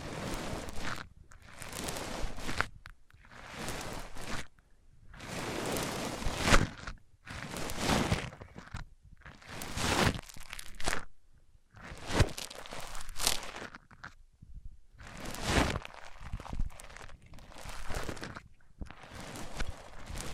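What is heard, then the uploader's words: A microphone is rubbed against a surface in repeated strokes, each lasting about a second with short silent gaps between, roughly eight or nine passes in twenty seconds. The scraping is rough and full, running from a low rumble up to a bright hiss. ASMR Rubbing Mics On Different Surfaces (No Talking).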